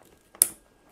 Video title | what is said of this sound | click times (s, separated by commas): How To Install Or Remove Intel LGA1700 12th Gen Stock CPU Cooler | one you'll hear it click into place like snap into place then do the opposite side and | 0.4 s